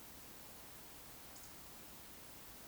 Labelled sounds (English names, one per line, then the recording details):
Eurasian Woodcock whistle
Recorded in Baden-Württemberg, Germany, on 26 May 2020 at 20:11 UTC
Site 45304, 487 m above sea level